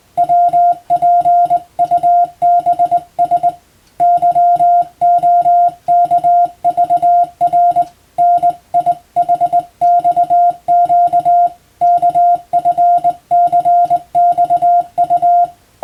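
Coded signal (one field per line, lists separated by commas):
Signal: Morse code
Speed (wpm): 21 wpm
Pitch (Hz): 700 Hz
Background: music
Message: WPUBS YOKVR NIHXQ KFCXU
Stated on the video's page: Morse sent by a first-class radiotelegraph operator as training for the national radiotelegraph exam, using European-language telegram practice texts.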